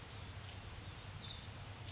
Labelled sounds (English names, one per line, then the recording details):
California Towhee
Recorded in Sonoma County, California